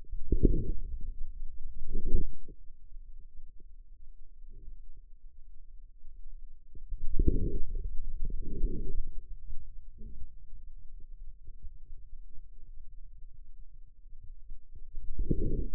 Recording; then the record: forearm muscle sounds (acoustic myography)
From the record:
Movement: outward rotation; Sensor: system 2, bracelet of six BSWA MPA416 microphones around the upper forearm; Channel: 5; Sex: male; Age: 22 years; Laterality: right